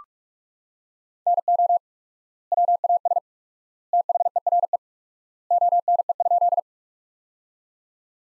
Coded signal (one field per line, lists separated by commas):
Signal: Morse code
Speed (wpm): 46 wpm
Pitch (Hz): 700 Hz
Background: none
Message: NO WAS THERE ONE?